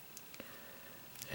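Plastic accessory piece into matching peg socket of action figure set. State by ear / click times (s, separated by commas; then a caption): seated / 1.2 s. Two plastic accessory pieces from a Hasbro Star Wars The Force Awakens Luke Skywalker action figure set are lined up on their peg and hole and pressed together. A few faint ticks are heard near 0.2, 0.3 and 0.4 s, followed by a sharp snap at 1.2 s as the piece seats into place.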